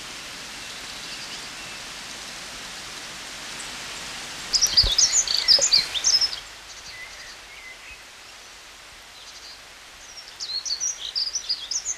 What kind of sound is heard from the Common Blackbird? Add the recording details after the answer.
song. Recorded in the wild. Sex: male. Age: adult. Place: Oberstdorf, Bayern, DE. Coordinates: 47.3661, 10.3014. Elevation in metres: 923. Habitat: mountains. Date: 1979-04-13. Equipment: Uher 4000 Report. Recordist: Tretzel, Erwin